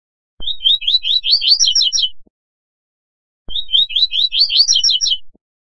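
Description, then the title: Double-collared seedeater giving two identical bursts of fast, high chirping notes, each about two seconds long, separated by a second of silence. "Canto Coleiro"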